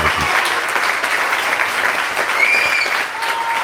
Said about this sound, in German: Gibt's doch auch einen Applaus davor.